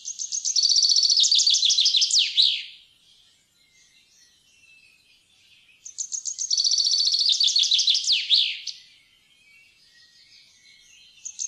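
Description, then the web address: Common chaffinch song: two bright descending trilled phrases about six seconds apart, each ending in a quick flourish, with a third beginning at the very end. "fuglelyder- bokfink"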